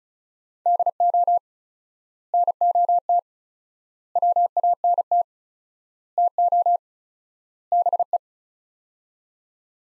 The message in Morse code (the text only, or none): DO NOT WANT TO BE